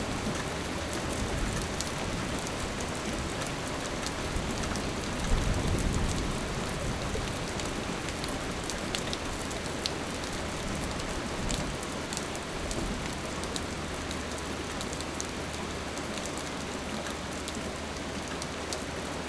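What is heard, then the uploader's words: Steady rain falls in a suburban setting, a dense, even hiss with frequent bright drop ticks scattered throughout. A low rumble swells briefly around the five-to-six-second mark, and a faint low hum sits underneath the whole time. Raining in the Suburbs.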